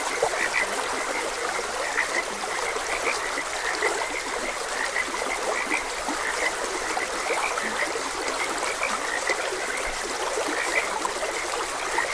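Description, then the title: Brief frog croaks repeat unevenly throughout, set against steady babbling stream water. Frogs croaking beside a gentle stream. "Gentle Stream and Frogs Croaking"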